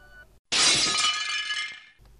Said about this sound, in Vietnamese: Cả chiếc ghế như vỡ tan